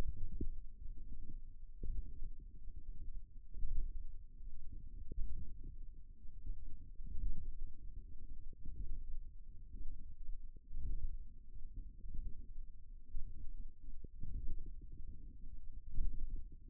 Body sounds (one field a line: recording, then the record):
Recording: forearm muscle sounds (acoustic myography)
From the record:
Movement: ulnar deviation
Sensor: system 1, eight BSWA MPA416 microphones around the upper forearm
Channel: 8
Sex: female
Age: 21 years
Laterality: right